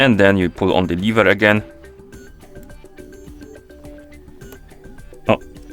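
Someone talks over soft background music while trying to fit the quick-release spring bar of a watch strap into the case lug of a Xiaomi Watch 2 by pulling on the lever. The pin fails to go in on this first attempt, and nothing has seated or clicked yet, leaving only faint, scattered light taps under the music.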